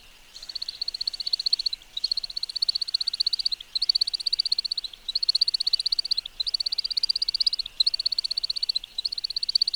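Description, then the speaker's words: American Woodcock wing twittering: high, rapid twittering in bursts about one and a half seconds long, separated by brief pauses, steady and repeated throughout. Aerial courtship display; non-vocal song from the three narrowed, modified outer primaries of each wing making a whistling sound, with small vocal chips added. "Mais sinon, tiens, j'ai un extrait d'une espèce qui produit un chant intéressant non vocal, la bécasse d'Amérique"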